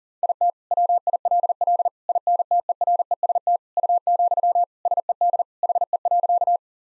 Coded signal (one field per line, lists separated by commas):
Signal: Morse code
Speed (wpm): 40 wpm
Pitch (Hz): 700 Hz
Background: none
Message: IT WILL INTEREST U, SED HE.